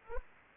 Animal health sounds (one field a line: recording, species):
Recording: mosquito wingbeat signal from an infrared sensor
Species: Anopheles arabiensis